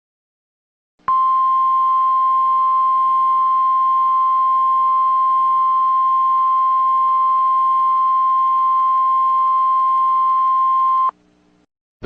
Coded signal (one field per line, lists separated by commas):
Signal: Emergency Alert System (SAME) tones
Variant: 1050 Hz attention tone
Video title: EAS MOCK 54: child abduction alert for Franklin, Clinton NY.